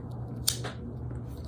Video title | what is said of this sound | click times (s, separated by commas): Flea Market Knives Cleaned Up (And A Winchester) | and I'll let you hear this snap | 0.5 s